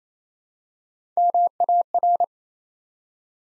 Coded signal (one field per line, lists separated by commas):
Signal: Morse code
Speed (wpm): 29 wpm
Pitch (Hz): 700 Hz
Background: none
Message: MAR